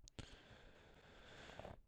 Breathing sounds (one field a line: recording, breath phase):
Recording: one breath near a microphone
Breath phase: inhalation